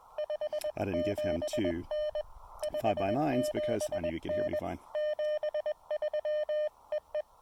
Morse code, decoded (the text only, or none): 57N 57N 73 E E